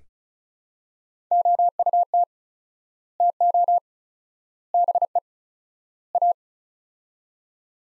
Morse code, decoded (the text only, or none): OUT TO BE A